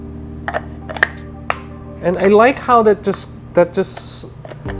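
A Tritan plastic cup cover is handled against the body of an Outin Mino × BCRF portable espresso machine, giving a few short sharp taps around 0.5, 1.0 and 1.5 s while someone talks over background music. The cover has not yet been pushed home, and nothing has seated or clicked yet.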